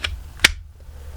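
A handgun is pushed back into a holster shell, and a faint tick at 0.05 s and a slight contact at 0.4 s lead into a sharp, bright click at 0.45 s as the retention snaps home. The pistol is seated, held by the holster's retention resistance, and the rest of the clip stays quiet.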